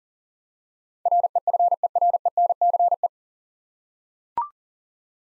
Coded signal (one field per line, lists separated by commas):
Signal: Morse code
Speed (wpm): 40 wpm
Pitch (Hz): 700 Hz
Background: none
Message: REFERENCE